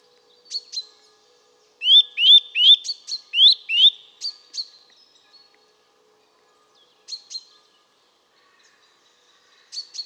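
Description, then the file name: Eurasian nuthatch giving loud rising whistled notes in a quick series of several, plus brief sharp higher chips before and after. "Sitta europaea"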